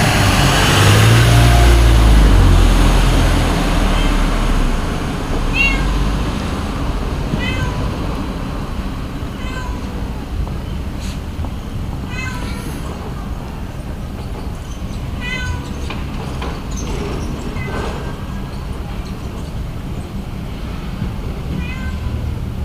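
A cat mews repeatedly at a temple, short bright cries arriving every couple of seconds, some clearer than others. Underneath runs a steady low rumble, louder in the first few seconds, like traffic or wind.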